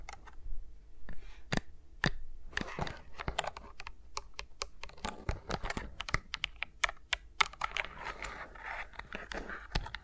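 Fingers move around the microphones, making a stream of sharp taps and clicks that fall irregularly, sometimes in quick clusters. Soft scratchy rubbing swells between the taps, heaviest around the third second and again near the end, over a faint steady low hum.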